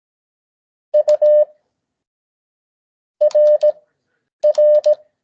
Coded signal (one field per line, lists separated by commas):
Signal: Morse code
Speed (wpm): 17 wpm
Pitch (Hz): 590 Hz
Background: none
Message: U RR